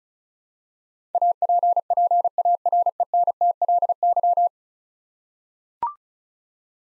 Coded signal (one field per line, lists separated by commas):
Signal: Morse code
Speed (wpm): 34 wpm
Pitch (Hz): 700 Hz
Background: none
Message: APPARENTLY